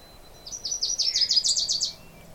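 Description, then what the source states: Wilson's Warbler singing a quick, high, chattering series of many short, sharp notes over faint background hiss. Distinctive song in a brushy area within a bog in Cook County, Minnesota, where it probably nests; usually more than one pair present in summers.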